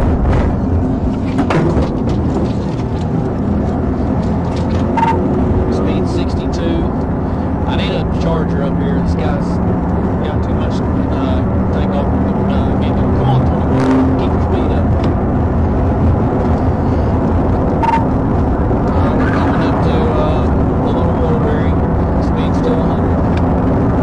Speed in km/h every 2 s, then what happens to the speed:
87, 97, 109, 124, 129, 137, 145, 150, 151, 155, 159, 166.
0-24 speeds up to 166.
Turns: none.